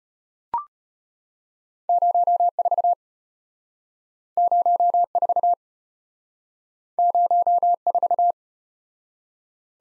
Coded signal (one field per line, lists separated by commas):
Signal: Morse code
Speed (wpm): 34 wpm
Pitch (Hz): 700 Hz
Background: none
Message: 04 04 04